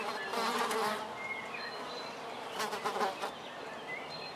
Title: Erta di Sopra, Contrà Erta VI, Italia - Erta di Sopra - Mosche sul balcone e Uccelli in lontananza